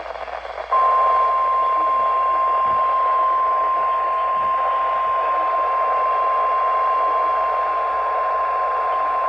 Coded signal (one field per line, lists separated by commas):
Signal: Emergency Alert System (SAME) tones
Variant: 1050 Hz attention tone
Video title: Required Weekly Test (EAS 1303)